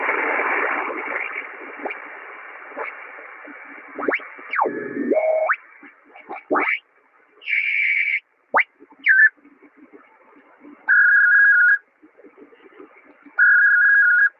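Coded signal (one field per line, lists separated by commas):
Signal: channel marker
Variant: WLO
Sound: radio tuning whistles, then short warbling bursts of two quickly alternating tones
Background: radio static, tuning sweeps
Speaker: That's WLO channel marker from Mobile, Alabama.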